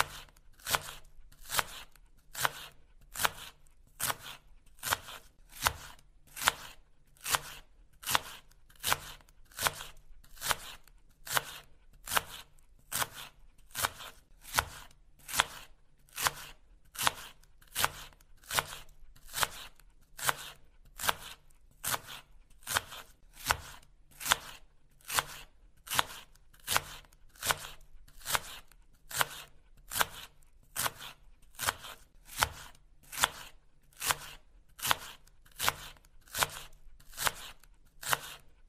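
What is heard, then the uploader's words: Vegetables are chopped on a board in a steady, fast rhythm, about two sharp, crisp knife strikes every second for the whole stretch. The cuts sound evenly spaced, with a faint low hum underneath. Chopping Vegetables.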